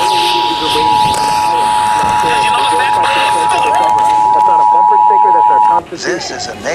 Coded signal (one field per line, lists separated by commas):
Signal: Emergency Alert System (SAME) tones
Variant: 853 and 960 Hz attention tone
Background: speech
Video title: NATIONAL PERIODIC TEST (2023) - EAS & WEA (EAS #1,115-1,137)